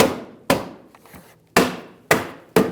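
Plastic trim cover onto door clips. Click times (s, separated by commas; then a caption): 0.0 s, 0.5 s, 1.6 s, 2.1 s. A plastic door cover and body trim piece on a 1997-2006 Jeep Wrangler is pushed down onto its door clips during a door weatherstrip seal replacement, and it seats. Loud, sharp plastic snaps ring out at 0.0, 0.5, 1.6 and 2.1 seconds, with a faint tick near 1.0 s and one more loud snap at 2.6 s.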